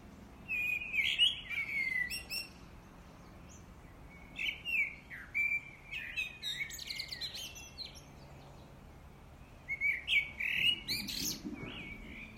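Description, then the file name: Common blackbird giving three warbled phrases of whistled notes mixed with high, scratchy twittering, separated by pauses, with faint background noise. "Turdus merula"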